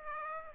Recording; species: mosquito wingbeat signal from an infrared sensor; Aedes aegypti